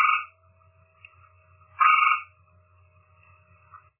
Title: chant hyla versicolor